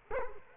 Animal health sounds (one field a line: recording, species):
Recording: mosquito wingbeat signal from an infrared sensor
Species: Culex quinquefasciatus